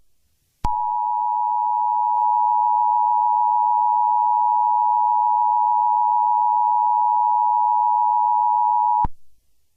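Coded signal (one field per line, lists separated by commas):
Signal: Emergency Alert System (SAME) tones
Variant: 853 and 960 Hz attention tone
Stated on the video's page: EAS tones in a simulated alert scenario about a monster attacking New York.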